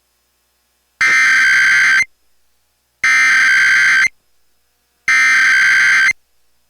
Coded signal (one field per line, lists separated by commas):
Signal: Emergency Alert System (SAME) tones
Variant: header bursts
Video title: AM/FM (EAS # 716) National Periodic Test 8/11/21